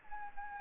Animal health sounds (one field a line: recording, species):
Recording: mosquito wingbeat signal from an infrared sensor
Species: Anopheles gambiae